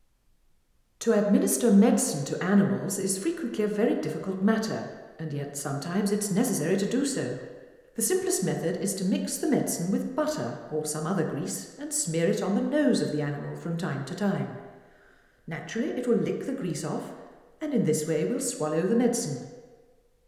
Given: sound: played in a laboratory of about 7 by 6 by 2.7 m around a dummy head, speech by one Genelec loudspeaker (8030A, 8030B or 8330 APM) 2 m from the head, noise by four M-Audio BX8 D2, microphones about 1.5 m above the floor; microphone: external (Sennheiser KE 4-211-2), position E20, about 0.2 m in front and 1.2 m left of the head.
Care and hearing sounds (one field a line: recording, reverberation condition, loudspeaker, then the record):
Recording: female speech in English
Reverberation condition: high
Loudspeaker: 60 degrees to the left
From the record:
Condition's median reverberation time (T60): about 1300 ms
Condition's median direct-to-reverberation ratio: about -4.0 dB